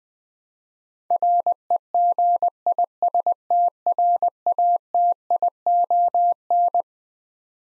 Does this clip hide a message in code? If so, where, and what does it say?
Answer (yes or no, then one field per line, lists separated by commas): yes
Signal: Morse code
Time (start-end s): 1.1-6.8 s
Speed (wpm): 20 wpm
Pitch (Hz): 700 Hz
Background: none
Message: REGISTRATION